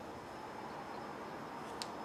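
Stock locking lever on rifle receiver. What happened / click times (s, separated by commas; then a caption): The metal latch clicked once but did not fully seat / 1.8 s. A locking lever on a Type 81 rifle receiver is moved up while fitting a detachable stock, giving a short, sharp metal click at 1.8 s over a steady background hiss. The metal part does not go fully home, so the stock is not all the way in and the step has to be repeated.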